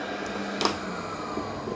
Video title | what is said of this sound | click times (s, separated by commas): New! Dreame X30 Ultra Robot Vacuum & Mop REVIEW LOVE IT The Best One!!! | So it reconnected the mop pads. I heard that clunk. | 0.6 s